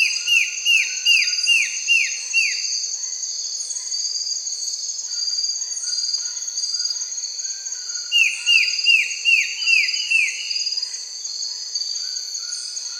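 Bird gives two runs of rapid falling notes, each several notes long, with softer scattered chirps between, all over a constant shrill insect buzz.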